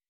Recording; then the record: hydrophone in a shrimp aquaculture tank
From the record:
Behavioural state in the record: weakened